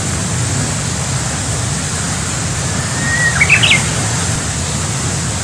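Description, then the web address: Japanese bush warbler song: a held whistled note, then a quick rising, twisting flourish, heard over steady road traffic rumble and hiss. Recorded 9 March 2019. "shonin uguisu"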